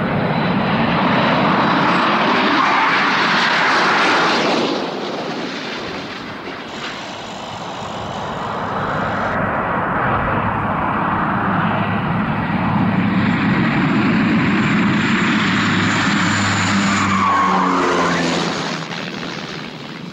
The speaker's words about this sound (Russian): Самолет идет на посадку.